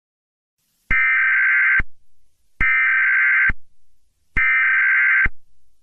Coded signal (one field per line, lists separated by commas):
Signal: Emergency Alert System (SAME) tones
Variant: header bursts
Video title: Classic Caillou Makes A Fake Tornado Warning / Grounded BIG TIME